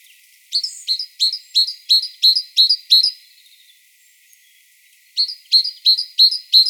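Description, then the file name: Great tit delivering steady, ringing two-note phrases in a quick, even run, a short silence, then several more of the same phrase. "Parus major"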